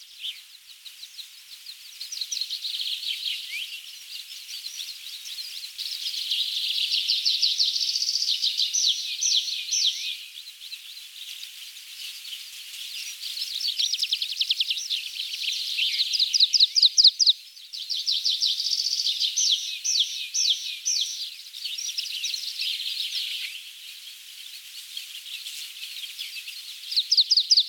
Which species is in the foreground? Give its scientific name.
Anthus spinoletta